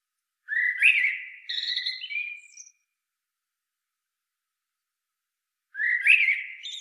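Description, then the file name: Common blackbird: two song phrases about five seconds apart, the first a fluty low whistle sliding into a thin, high squeaky tail, the second beginning the same way. "Turdus merula"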